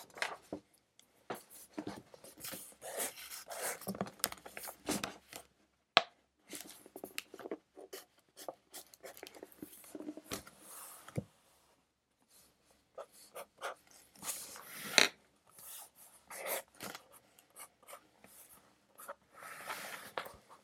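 A pencil scratches across paper during study, in quick, uneven bursts of short strokes. Writing runs nearly continuously, with a brief pause around the middle and a few sharper taps or clicks near 6 and 15 seconds, over a faint steady hiss.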